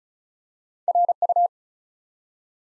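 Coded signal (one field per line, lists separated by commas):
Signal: Morse code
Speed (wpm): 36 wpm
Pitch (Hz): 700 Hz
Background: none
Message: RU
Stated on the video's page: Morse code practice at 35 wpm: 3- to 5-letter words built up one letter at a time, for instant character recognition training.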